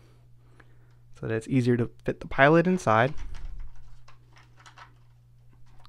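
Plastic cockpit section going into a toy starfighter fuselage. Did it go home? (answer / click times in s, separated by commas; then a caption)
yes / 5.8 s. Someone talks, then a plastic cockpit section is pushed back into a toy X-wing starfighter fuselage after the pilot figure is placed inside, with faint handling taps along the way. It snaps back in place easily, with a sharp click at 5.9 s.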